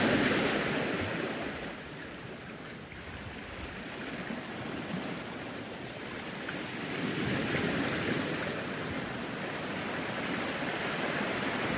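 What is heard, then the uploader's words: Waves wash onto an empty beach in a steady, dense rush, easing slightly after the start and swelling gently again toward the end. Soothing waves crashing on an empty beach in Devon. On the north coast of Devon, where the high cliffs of Hartland plunge into the Atlantic Ocean, is the small village of Buck’s Mills. Recorded by Daniel Graham and presented by Hannah Tribe. The gentle rise and fall of waves.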